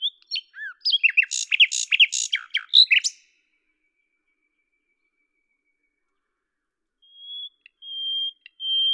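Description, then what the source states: Common nightingale song: a burst of varied rich notes and rattles for three seconds, a long silence, then pure drawn-out whistles building up. At Lavours, France, on 10 May 1998; Tascam DAP-1 with Télingua microphone, edited in Samplitude 5.1.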